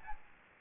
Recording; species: mosquito wingbeat signal from an infrared sensor; Aedes aegypti